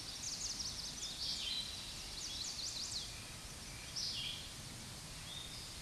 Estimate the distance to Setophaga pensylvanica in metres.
about 55 m